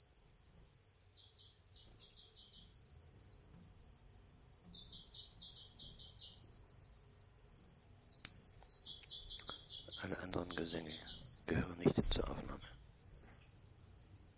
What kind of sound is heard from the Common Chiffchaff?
song